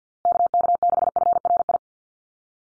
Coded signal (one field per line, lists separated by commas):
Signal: Morse code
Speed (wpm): 50 wpm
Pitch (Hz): 700 Hz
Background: none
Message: KK6FRI